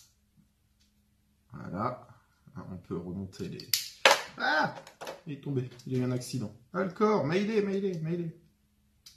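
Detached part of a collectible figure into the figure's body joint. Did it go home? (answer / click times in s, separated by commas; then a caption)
yes / 9.1 s. A detached part of a King Arts Grendizer collectible robot figure, which had fallen off, is pushed back into the figure's body joint while someone talks. A sharp click at 9.1 s marks the part snapping back into place; it is seated after having not been engaged properly before.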